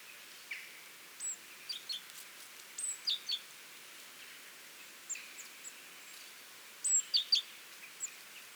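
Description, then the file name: Great tit calls: scattered thin high notes and quick descending slurs, loudest near the end, over faint background hiss. "Parus major"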